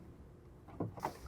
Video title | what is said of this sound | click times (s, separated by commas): BMW E90 M3 Valve Cover Gasket Replacement DIY (2008-2013 BMW E90, E92, E93 M3) | Just heard that nice little click, so we know that is secured, and there is some wiggle room. | 1.0 s